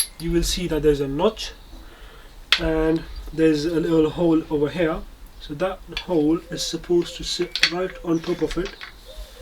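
Someone talks while lining up a crankshaft locking timing tool so its small hole sits over the notch at the crankshaft sensor position on an MK5 Golf engine, during a BXE to ASZ/ARL engine conversion. Only speech and faint handling sounds are heard. The tool has not clicked into place yet.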